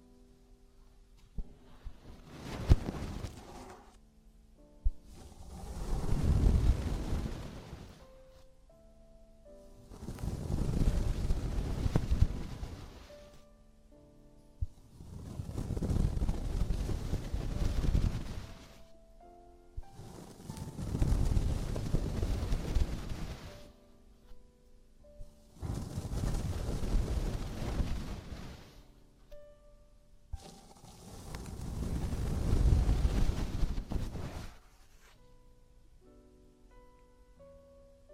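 Traditional Chinese ear cleaning: seven rumbling, scratchy scraping bursts of about three seconds each come every five seconds, between quiet gaps with faint steady tones.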